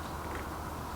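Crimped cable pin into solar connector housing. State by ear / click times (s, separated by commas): not seated / none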